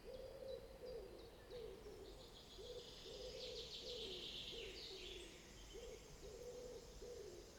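Forest pigeon cooing: soft, low, hooting notes repeated throughout, with faint high chirps from other birds and a steady background hiss.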